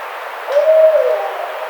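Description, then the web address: Barred owl hoot: a single low, hollow note that swells and then slowly fades, heard over a steady background hiss. Recorded 30 April 2009. "Barred Owl 2009 04 30"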